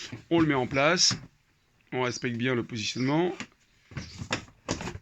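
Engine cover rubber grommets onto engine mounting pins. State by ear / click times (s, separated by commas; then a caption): seated / 4.3 s, 4.7 s. Someone talks as a plastic engine cover on a Toyota Yaris is positioned over the engine after an oil change, lining up its rubber grommet holes with four mounting pins. The cover is pressed down, and two sharp clicks are heard at 4.3 s and 4.7 s as it clips onto the pins and seats.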